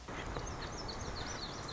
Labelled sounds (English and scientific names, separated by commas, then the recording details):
Lazuli Bunting (Passerina amoena)
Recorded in Sonoma County, California